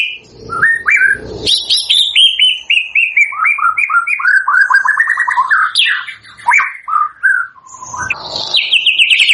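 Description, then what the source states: White-rumped shama singing a fast, varied series of clear whistles and slurred notes that step down in pitch, then rise again toward the end. Lure song used for trapping (pikat); lively singing bird (gacor).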